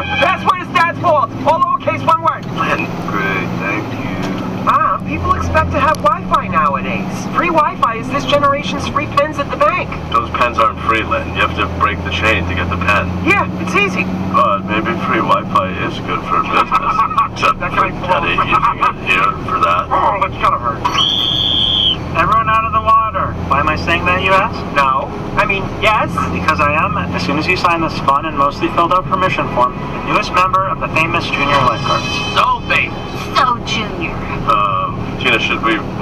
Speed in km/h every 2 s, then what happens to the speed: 26, 37, 45, 53, 58, 62, 68, 72, 75, 79, 81, 84, 85, 87, 88, 86, 85, 86.
0-26 speeds up to 87. 26-36 steady at about 86.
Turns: none.